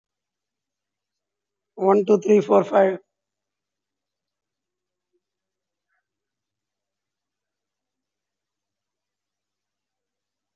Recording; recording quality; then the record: counting at a fast pace; poor, much background noise or distortion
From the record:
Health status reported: COVID-19 positive, moderate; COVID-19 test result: positive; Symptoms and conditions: cough, cold, breathing difficulty, sore throat, fever, fatigue, diabetes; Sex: male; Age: 45 years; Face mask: worn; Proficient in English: yes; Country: India